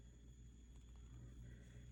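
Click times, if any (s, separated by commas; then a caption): none. A plastic ink cartridge is handled at the grip section of a Jinhao fountain pen, about to be pushed onto the feed section inside. Only a steady low rumble and faint constant high-pitched hum are heard, with a couple of very soft ticks near 0.8 and 1.0 seconds. Nothing has seated or clicked yet.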